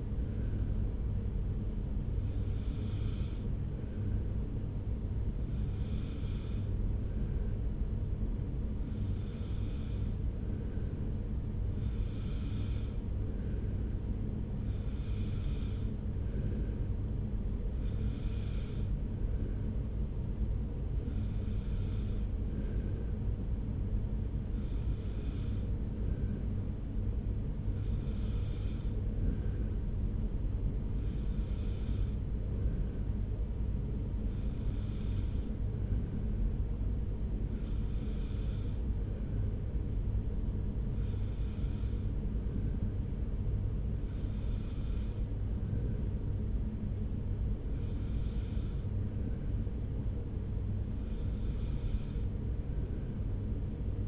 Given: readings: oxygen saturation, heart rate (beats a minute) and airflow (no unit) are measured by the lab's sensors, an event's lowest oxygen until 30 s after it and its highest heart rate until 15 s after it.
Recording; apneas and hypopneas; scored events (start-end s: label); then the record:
breathing in sleep by a smartphone at the bedside; none
none scored
From the record:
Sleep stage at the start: N2 (light sleep); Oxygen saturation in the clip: 92 to 94%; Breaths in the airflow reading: 16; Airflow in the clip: -1.0 to 1.0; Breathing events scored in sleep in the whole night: 335 in 6.7 hours asleep